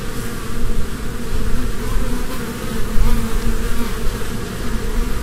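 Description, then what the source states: Honey bees buzzing as a swarm, a dense, steady low hum that swells and fades slightly throughout. Humming of a swarm from a beehive.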